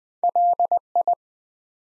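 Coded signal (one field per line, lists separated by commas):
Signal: Morse code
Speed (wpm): 20 wpm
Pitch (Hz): 700 Hz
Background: none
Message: LI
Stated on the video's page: Morse code practice at 20 wpm, building 3- to 5-letter words one letter at a time, for instant character recognition.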